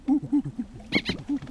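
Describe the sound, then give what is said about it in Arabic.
A monkey named Maymoun chatters in a quick run of short, squeaky calls, broken by two sharp, shrill shrieks near the end. No one speaks. “حاول أن تتعلم، ربما تصل في يوم من الأيام إلى أن تكون في ذكاء ومهارة القرد.”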